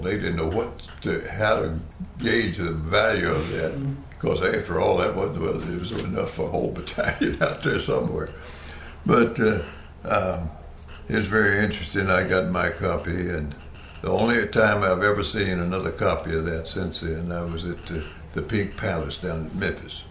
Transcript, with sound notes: They didn’t know what to, how to gauge the value of that, because after all that was, was, there was enough for a whole battalion [Chuckling] out there somewhere. But…it was very interesting, and I got my copy and the only time I’ve ever seen another copy of that since then, I was at the, ‘The Pink Palace’ down in Memphis,